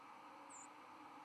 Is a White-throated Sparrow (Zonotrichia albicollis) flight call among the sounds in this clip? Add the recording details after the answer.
yes. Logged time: 03:36 on 11 November 2014